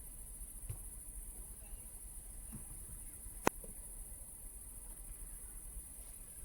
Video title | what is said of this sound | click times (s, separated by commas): Vérifications Extérieures CLIO 5 - 2024 | ouvrez le coffre puis vous le refermez en vous assurant qu'il est bien verrouillé | 3.5 s